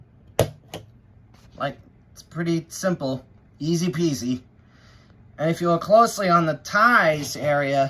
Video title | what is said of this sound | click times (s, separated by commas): Lionel ALL ABOARD Polar Express and Hogwarts Express Sets (2-In-1 Review Video) | press on them until you hear a snap. | 0.4 s